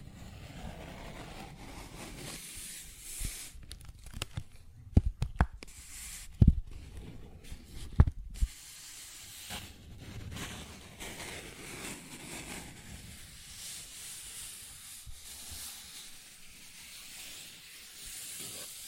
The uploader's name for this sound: Paper Bag Tapping and Scratching Sounds